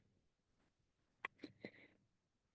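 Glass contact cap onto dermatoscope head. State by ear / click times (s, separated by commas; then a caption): seated / 1.2 s. The detachable glass contact cap of a Heine Delta One dermatoscope is pushed back onto the head after cleaning, and it seats with a sharp, bright click at 1.3 s. Two softer knocks follow at about 1.4 and 1.7 s, then a brief scraping rustle fades by 2.0 s. The click confirms the cap is fully attached; without it, the cap could look attached but fall off, and since it is glass, it could break.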